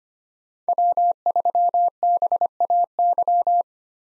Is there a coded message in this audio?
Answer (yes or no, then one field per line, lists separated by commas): yes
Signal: Morse code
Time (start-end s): 0.7-3.6 s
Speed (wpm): 25 wpm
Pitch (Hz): 700 Hz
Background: none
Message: W3BAY